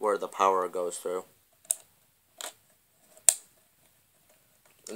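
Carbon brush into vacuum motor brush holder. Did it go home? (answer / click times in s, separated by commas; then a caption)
yes / 1.7 s, 3.3 s. Someone talks briefly as each carbon brush is pushed back into its holder in a Hoover vacuum cleaner electric motor with a small flathead screwdriver, seating it under the copper tab. A sharp click at 1.7 s and a louder one at 3.3 s mark the two brushes seating, with softer ticks around 2.4 s and 4.9 s.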